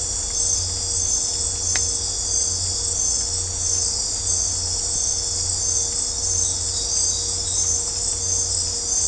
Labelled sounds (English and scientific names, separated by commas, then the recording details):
none
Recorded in dense forest near Puerto Asís, Putumayo, Colombia, on 22 December 2024 at 20:30
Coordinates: 0.503, -76.323
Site G043